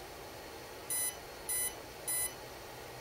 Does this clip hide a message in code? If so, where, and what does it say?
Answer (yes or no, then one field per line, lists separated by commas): no